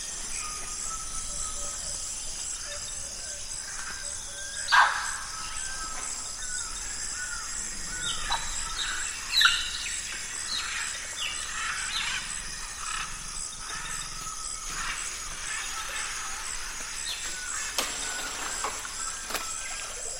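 A natural soundscape: a steady high insect hiss runs throughout, with many short bird chirps and quick descending calls scattered across the clip. Two louder bursts stand out, near five and nine seconds, and a sharp click comes near eighteen seconds.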